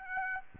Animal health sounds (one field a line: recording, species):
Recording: mosquito wingbeat signal from an infrared sensor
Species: Aedes aegypti